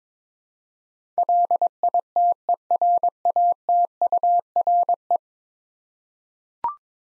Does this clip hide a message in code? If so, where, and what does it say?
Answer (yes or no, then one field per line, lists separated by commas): yes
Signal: Morse code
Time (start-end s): 1.2-5.2 s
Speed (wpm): 22 wpm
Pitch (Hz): 700 Hz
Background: none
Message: LITERATURE